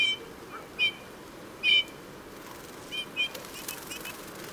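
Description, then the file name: Eurasian bullfinch calls, short soft piping notes given singly and in pairs at irregular intervals over a steady background hiss. "Pyrrhula pyrrhula"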